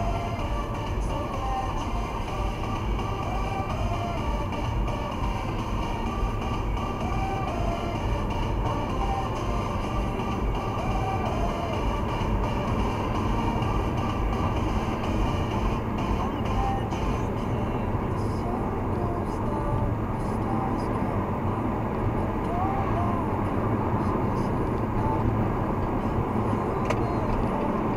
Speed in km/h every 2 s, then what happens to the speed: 66, 65, 67, 69, 71, 78, 84, 87, 88, 90, 96, 99, 100, 105.
0-7 steady at about 66. 7-28 speeds up to 105.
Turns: none.